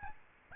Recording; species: mosquito wingbeat signal from an infrared sensor; Aedes albopictus